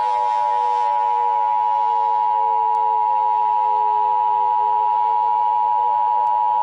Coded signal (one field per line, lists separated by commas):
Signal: Emergency Alert System (SAME) tones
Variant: 853 and 960 Hz attention tone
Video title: The Terrorist Attack: An EAS Scenario